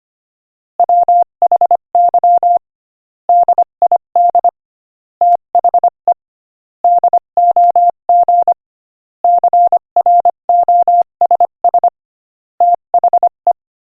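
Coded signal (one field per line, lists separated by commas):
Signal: Morse code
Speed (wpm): 24 wpm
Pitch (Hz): 700 Hz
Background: none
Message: WHY DID THE DOG CROSS THE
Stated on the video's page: Morse code practice at 25 wpm; topic is jokes.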